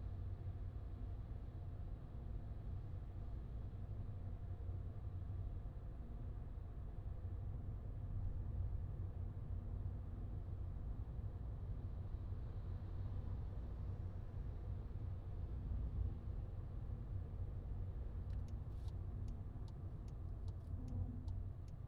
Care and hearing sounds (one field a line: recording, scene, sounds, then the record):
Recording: everyday scene through a hearing-aid microphone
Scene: in a vehicle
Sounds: engine, highway driving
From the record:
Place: Skoda Fabia, gasoline engine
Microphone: in the ear canal, left